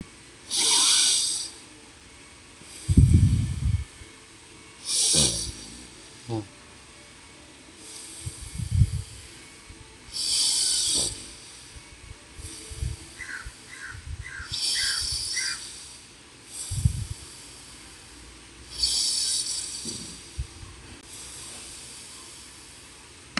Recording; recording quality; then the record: deep breathing; excellent, no background noise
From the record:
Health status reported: healthy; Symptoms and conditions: none ticked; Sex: male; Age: 27 years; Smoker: yes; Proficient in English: yes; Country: India